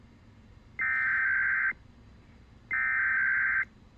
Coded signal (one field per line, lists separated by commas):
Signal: Emergency Alert System (SAME) tones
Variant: header bursts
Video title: A lot of weekly test (EAS# 581 602)